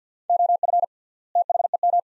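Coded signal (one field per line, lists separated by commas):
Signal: Morse code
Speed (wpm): 48 wpm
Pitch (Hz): 700 Hz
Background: none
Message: OF THEM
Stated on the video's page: Morse practice of two-word sets at 50 wpm with 3x word spacing, a word-level analogue of Farnsworth.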